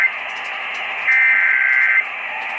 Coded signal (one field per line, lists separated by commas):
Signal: Emergency Alert System (SAME) tones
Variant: header bursts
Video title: (FOUND) GA AMBER Alert & Required Weekly Test on WSB-AM - 12/1/21 (EAS #6,429 & 6,430)